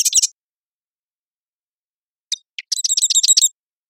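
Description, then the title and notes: Marsh wren song: a short burst of high, buzzy chatter, a pause, then scattered clicks and a rapid rattling trill of repeated notes. One male singing intensely in Redmond, Washington; songs noisy, clanking and constantly varying. "Marsh Wren - Cistothorus palustris - song. recorded at Marymoor Park in Redmond, WA"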